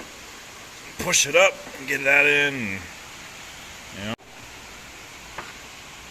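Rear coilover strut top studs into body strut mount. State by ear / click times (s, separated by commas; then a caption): seated / 5.4 s. A rear coilover strut from a T7 Racing suspension kit by Maxspeedingrods is pushed up into the body strut mount of a 1993-2000 Honda Civic / del Sol so its top studs go through the mount holes, while someone talks. A single short knock at 5.4 s marks the studs seating in the mount.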